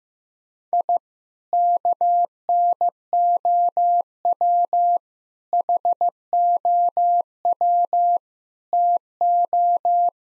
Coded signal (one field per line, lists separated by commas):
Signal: Morse code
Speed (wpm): 15 wpm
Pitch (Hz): 700 Hz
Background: none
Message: I KNOW HOW TO